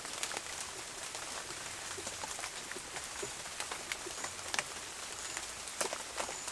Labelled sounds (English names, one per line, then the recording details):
none
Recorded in dense forest near Puerto Asís, Putumayo, Colombia, on 18 February 2024 at 13:30
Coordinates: 0.505, -76.324
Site G6467